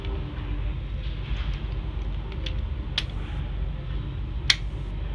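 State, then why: Seated. A plastic part of a transforming robot figure is pushed into its locking position over a steady low background hum, with a few small plastic ticks around 2.5 and 3.0 seconds. A sharp, loud click at 4.5 seconds marks the part locking into place, seated.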